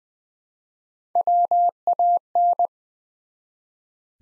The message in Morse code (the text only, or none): WAN